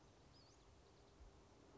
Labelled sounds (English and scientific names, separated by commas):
Western Flycatcher (Empidonax difficilis)